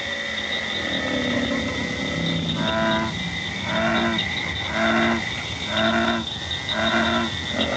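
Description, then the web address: True frog calls, harmonic low croaks repeated about once a second, against steady high insect trilling. "frogs Family"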